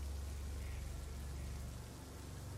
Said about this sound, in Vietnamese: Bầu trời đêm vẫn cứ mưa như trút nước. Khương và Khanh đều đã ướt như chuột lột.